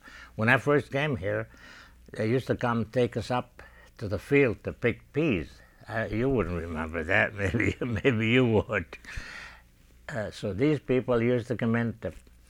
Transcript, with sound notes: When I first came here, they used to come take us up to the field to pick peas. You wouldn't remember that. ( he laughs ) Maybe you would. Uh, so these people used to come in to